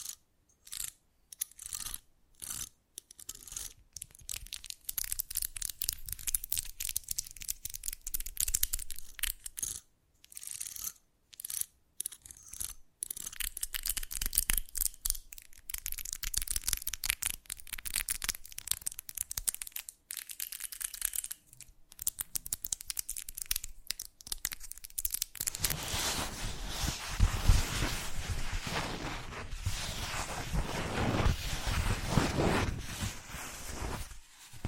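Fast-changing trigger sounds: for the first twenty-five seconds, bright crackling and crinkling comes in short bursts broken by abrupt silences. After that it switches to a dense, continuous scratchy rustle, like something being crushed or torn, which is fuller and louder until the end.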